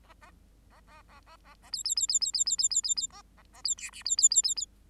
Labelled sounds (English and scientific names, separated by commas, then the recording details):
Bengalese Finch (Lonchura striata domestica) song
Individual Bird8